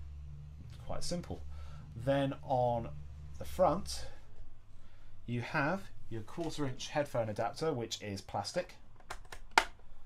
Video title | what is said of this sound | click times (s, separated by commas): JDS Labs OL DAC and Atom Unboxing and Setup | it makes a very positive click when you push it in. | 9.6 s